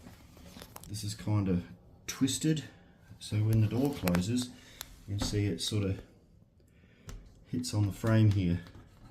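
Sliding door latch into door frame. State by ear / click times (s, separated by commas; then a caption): not seated / none. A twisted sliding door is being closed and hits its frame, with its latch not yet in the door frame. Someone talks throughout, with brief sharp knocks at about 0.6, 0.8 and 7.1 seconds. Nothing has seated or clicked yet.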